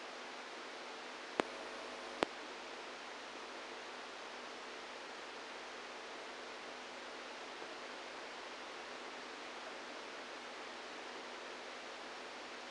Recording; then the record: brain microelectrode recording played as sound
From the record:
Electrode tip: outside the subthalamic nucleus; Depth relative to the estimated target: 2 mm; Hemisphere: right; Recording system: NeuroSet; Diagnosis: Parkinson's disease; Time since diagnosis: 27 years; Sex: male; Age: 62 years